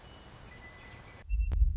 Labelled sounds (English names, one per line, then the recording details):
Western Meadowlark
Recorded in Sonoma County, California